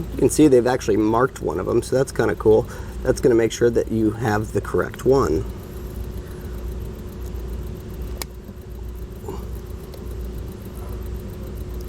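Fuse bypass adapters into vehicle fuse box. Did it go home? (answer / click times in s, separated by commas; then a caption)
yes / 8.2 s. Someone talks for the first five seconds, then Roadmaster FuseMaster fuse bypass adapter blades are pushed into the slots of a vehicle's fuse box over a steady low hum. A sharp click at 8.2 s marks the adapters popping into place, seated, followed by a couple of faint ticks.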